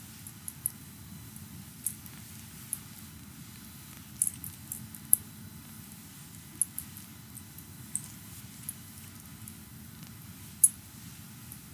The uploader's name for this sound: Full body massage in four hands